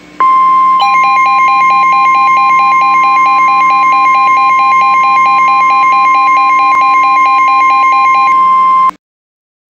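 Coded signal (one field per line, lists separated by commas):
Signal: Emergency Alert System (SAME) tones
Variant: 1050 Hz attention tone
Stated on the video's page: Mock Illinois tornado warning, not real.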